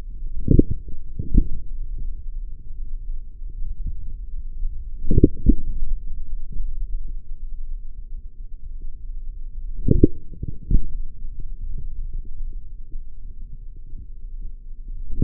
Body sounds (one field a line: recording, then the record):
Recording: forearm muscle sounds (acoustic myography)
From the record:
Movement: forearm supination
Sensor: system 3, bracelet of six PUI Audio POM-2738L microphones around the upper forearm, with dedicated amplification and filtering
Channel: 2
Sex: male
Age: 43 years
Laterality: right